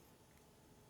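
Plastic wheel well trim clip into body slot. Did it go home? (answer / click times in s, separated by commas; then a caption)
no / none. A plastic wheel well trim clip is pushed into its body slot on a 2018 Chevy Trax in another attempt during a trim replacement. Only a low, steady background hum is heard, with no sharp sound anywhere in the clip. Nothing has clicked in yet; the clip fails to seat.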